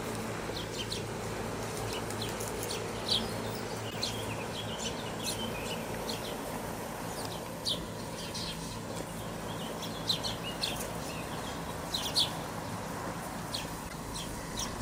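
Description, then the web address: House sparrow chirps: short, sharp notes scattered irregularly throughout, some louder peaks, over a steady low rumbling background noise. Recorded at Grudnovo nabrežje, Ljubljana, on 22 July 2022; stereo recording. "Passer domesticus DOMAČI VRABEC 2022-07-22 LJUBLJANA Grudnovo nabrežje"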